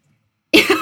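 Adult woman with a bad cold and a very stuffy nose. Cough.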